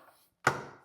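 A bearing is pressed into a skate wheel hub that has a too-long spacer between the bearings. After a faint rustle and a brief silence, a sharp click at 0.5 s rings down over the next few tenths of a second. The bearing pops in, but the oversize spacer pushes the bearing on the other side back out, so the fit is only partly achieved.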